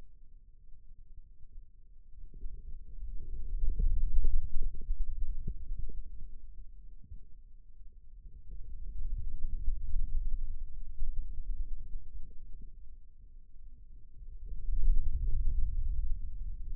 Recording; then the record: forearm muscle sounds (acoustic myography)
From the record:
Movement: radial deviation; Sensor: system 2, bracelet of six BSWA MPA416 microphones around the upper forearm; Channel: 2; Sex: male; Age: 22 years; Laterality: right